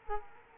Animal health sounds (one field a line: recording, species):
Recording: mosquito wingbeat signal from an infrared sensor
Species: Culex quinquefasciatus